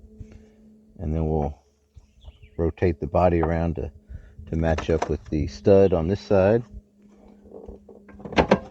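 A new hood lift strut for a 2001 Jeep Grand Cherokee is being handled, and its body is rotated to line up its socket with the hood ball stud on the other side. Someone talks over a few faint handling taps and knocks, with a sharper tap near the end. Nothing has seated or snapped on yet.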